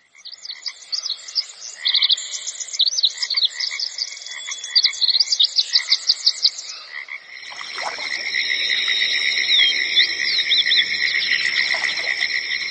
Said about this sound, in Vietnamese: Tiếng ve ngân râm ran, tiếng chim rút rít trên tán cây cao, hòa quyện tiếng bước chân dẫm lên lá khô xào xạc, tạo thành một bản nhạc rừng thật vui tai.